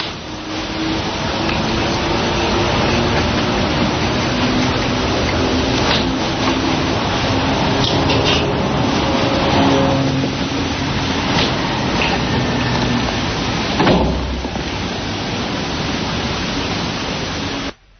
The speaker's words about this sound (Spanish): Esto es lo que se escucha, el picado de un avión, el silbido que produce al arrojar una bomba. Es una de las muchas grabaciones, muchas psicofonías que se han obtenido en el lugar.